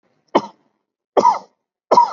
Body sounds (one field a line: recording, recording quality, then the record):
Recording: heavy voluntary cough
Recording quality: poor, much background noise or distortion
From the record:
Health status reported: COVID-19 positive, moderate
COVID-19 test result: positive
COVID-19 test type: RT-PCR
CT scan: taken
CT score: 16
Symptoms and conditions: cough, cold, breathing difficulty, sore throat, fever, fatigue, muscle pain, loss of smell and taste, diabetes, ischaemic heart disease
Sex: male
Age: 58 years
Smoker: no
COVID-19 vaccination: both doses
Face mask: worn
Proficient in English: yes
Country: India